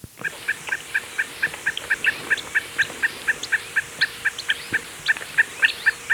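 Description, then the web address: Unicolored tapaculo song: a long, steady series of short, sharp, identical notes. Ecuador. "Birds of Ecuador 2. Unicolored Tapaculo"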